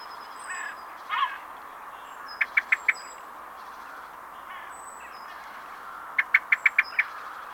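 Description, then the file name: Common blackbird calling with sharp, clicking notes in two bursts, first three then six quick ones, with faint thin high whistles in the background. "Turdus merula"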